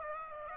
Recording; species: mosquito wingbeat signal from an infrared sensor; Aedes aegypti